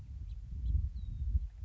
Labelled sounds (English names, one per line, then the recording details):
House Finch
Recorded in Sonoma County, California